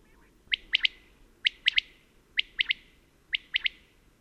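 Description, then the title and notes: Common quail song: sharp three-note phrases, dry and liquid, given about once a second, four phrases in all, with faint low rumble beneath. Singing actively at daybreak, around 5:00 in the morning, on the Col Bayard above Gap, where the species is still common. "la Caille des blés (Coturnix coturnix)encore commune au col bayard au-dessus de Gap"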